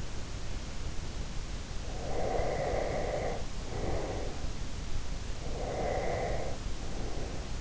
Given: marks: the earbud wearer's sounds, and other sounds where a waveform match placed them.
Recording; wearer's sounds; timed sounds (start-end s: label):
sounds in sleep by an in-ear microphone; breath
1.79-4.51 s: breath
5.38-7.61 s: breath